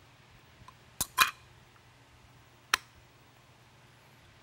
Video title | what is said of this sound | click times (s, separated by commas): Chris Takes a Whelen Micro Pioneer Apart | and the optic portion itself when you heard that little snap there as I was sliding it around | 2.7 s